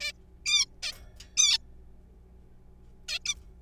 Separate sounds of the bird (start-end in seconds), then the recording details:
0.01-0.12, 0.46-0.65, 0.83-0.92, 1.37-1.58, 3.08-3.19, 3.26-3.34. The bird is a juvenile. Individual R3428